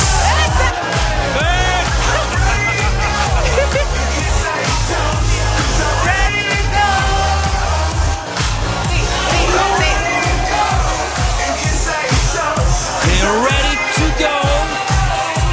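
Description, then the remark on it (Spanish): A crowd of single women and men at a night event yells and whoops in loud, wavering shouts over a pounding, steady bass-heavy beat that carries on without a break. “Quiero escuchar esos gritos de las chicas solteras y los chicos solteros.”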